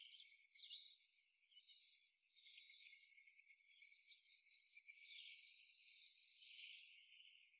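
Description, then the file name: European robin song, a thin, high warbling stream of varied twittering notes running almost without pause for most of the seven seconds; no low sounds present. "Erithacus rubecula"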